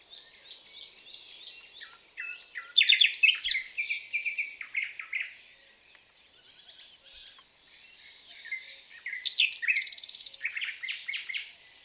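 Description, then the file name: Common nightingale singing a long, varied string of loud whistles, crisp trills and chattering notes, pausing briefly midway before a rapid, repeated high-pitched burst. "Luscinia megarhynchos"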